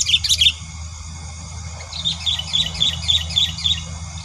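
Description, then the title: Sooty-headed bulbul with a quick chattering phrase, then a run of about seven evenly spaced bright notes, against a constant high-pitched hum and low background noise. "Kutilang"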